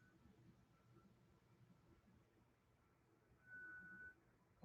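A small suspension part is being pressed by hand into the control arm of a Tamiya TRF102 RC car, and nothing has seated or clicked yet. A low, steady rumble continues with a faint high tone that grows louder from about 3.4 to 4.1 seconds, with no snap.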